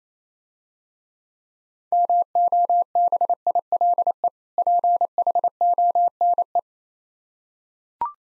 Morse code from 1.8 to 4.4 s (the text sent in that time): MOBILE